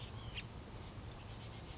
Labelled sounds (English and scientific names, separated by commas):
White-breasted Nuthatch (Sitta carolinensis)